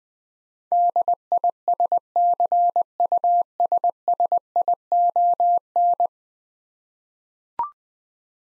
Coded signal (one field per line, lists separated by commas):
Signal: Morse code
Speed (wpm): 21 wpm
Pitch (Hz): 700 Hz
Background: none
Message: DISCUSSION